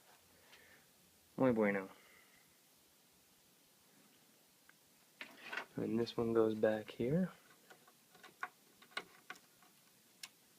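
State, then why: Not seated. A fan clip is handled as it is pushed back onto a CPU cooler, with someone talking while a few short taps and ticks sound around 5.2 s and from 8.4 s onward. The clip ends just before the part goes home, and nothing has seated or clicked yet.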